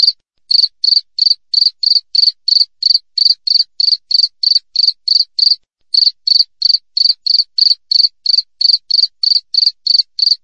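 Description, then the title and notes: Cricket chirping in a quick regular beat, sharp high pulses about three per second, with a brief break near the start and another midway. Clear natural cricket chirping with tightly spaced pauses, made as a master track for training songbirds and for driving away rats. "Masteran Jangkrik Alam Jernih, Jeda Rapat Cocok Untuk Masteran Burung Dan Mengusir Tikus. suara jangkrik"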